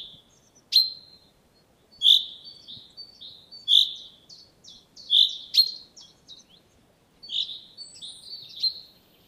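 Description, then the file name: Common chaffinch calls, short bright chirps and sharp clicks repeated irregularly, several spaced notes and softer chips in between, with no other clear sounds. "Fringilla coelebs"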